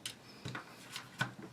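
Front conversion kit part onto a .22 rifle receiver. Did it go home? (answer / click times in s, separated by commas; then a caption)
yes / 0.1 s. The front part of a DIY conversion kit is pushed fully onto a .22 rifle receiver after it failed to go in because it wasn't all the way in. A sharp snap at 0.1 s marks it seating, followed by softer knocks and handling sounds around 0.5, 0.6 and 1.2 s. The part is confirmed seated in place.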